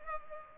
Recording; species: mosquito wingbeat signal from an infrared sensor; Culex pipiens